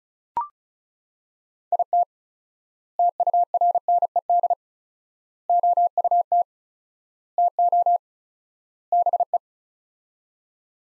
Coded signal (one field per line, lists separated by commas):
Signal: Morse code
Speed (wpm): 34 wpm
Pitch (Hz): 700 Hz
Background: none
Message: IT TURNED OUT TO BE